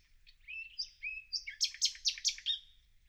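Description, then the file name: Common nightingale song: sliding whistled notes followed by a series of loud, sharp repeated chirps. "Luscinia megarhynchos"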